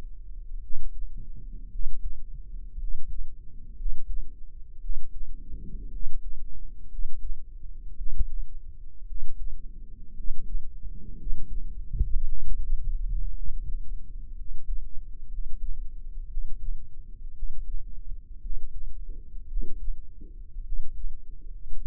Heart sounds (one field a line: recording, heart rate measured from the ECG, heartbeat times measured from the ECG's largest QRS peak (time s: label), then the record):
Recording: heart sounds by microphone in the right ear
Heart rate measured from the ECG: 57 bpm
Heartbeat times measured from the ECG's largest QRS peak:
0.58 s: heartbeat
1.67 s: heartbeat
2.76 s: heartbeat
3.73 s: heartbeat
4.78 s: heartbeat
5.88 s: heartbeat
6.86 s: heartbeat
7.94 s: heartbeat
9.03 s: heartbeat
10.12 s: heartbeat
11.14 s: heartbeat
12.24 s: heartbeat
13.32 s: heartbeat
14.33 s: heartbeat
15.26 s: heartbeat
16.25 s: heartbeat
17.31 s: heartbeat
18.38 s: heartbeat
19.45 s: heartbeat
20.61 s: heartbeat
21.74 s: heartbeat
From the record:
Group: healthy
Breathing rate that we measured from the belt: 15 breaths a minute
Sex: male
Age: 23 years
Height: 178 cm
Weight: 96.6 kg